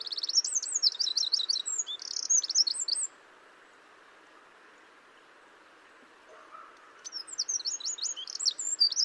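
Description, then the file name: Eurasian wren giving a loud, rapid trilling song phrase, then near silence for about four seconds before another rattling burst begins. "Troglodytes troglodytes"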